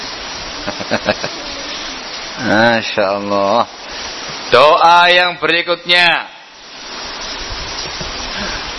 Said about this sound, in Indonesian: Berjuang melawan suara hujannya. Dengaran ya? Dengaran? Hah? Dengar? Atau samar-samar kena hujan?